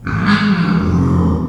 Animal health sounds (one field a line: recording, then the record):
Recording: squeal of a Yucatan mini pig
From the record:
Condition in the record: after surgery on the right vocal fold (resection and tissue-engineered implant)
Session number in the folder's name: 15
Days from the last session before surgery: 175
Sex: female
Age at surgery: 19 weeks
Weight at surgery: 25 kg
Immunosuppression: prednisolone